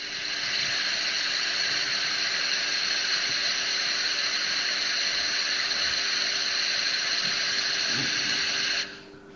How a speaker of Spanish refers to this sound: Resulta que cuando mezclé el agua con la yerba en el vaso y luego lo separé usando un colador y un jarro. Pasé la mezcla por el colador